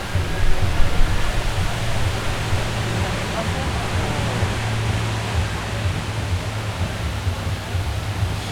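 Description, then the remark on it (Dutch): Wind blowing steadily at the Landjuweel festival in Ruigoord, nearly blowing the tents away: a dense, continuous rushing hiss with a deep rumbling undertone that holds fairly even throughout, slightly stronger at the start. “Waaien, hè? Ja, lekker windje. Hoor je?”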